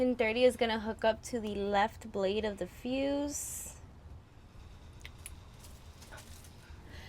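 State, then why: Seated. Someone talks for about the first three seconds, then a freshly crimped metal blade terminal for relay pin 30 of a homemade fuel relay is pushed into the left fuse cavity of a sealed plastic fuse/relay panel. Two small sharp clicks at 5.1 s and 5.3 s show the terminal has locked into place.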